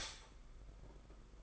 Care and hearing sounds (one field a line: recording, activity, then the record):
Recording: daily activity, microphone in the room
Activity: stop toaster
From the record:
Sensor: 5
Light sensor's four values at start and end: 33/110/41/44 and 33/110/41/44